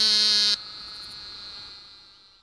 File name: great plains narrowmouth toad